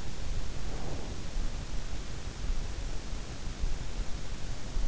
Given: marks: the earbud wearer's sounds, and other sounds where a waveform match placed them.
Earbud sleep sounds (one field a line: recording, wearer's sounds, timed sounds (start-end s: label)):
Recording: sounds in sleep by an in-ear microphone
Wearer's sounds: breath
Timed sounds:
0.43-1.58 s: breath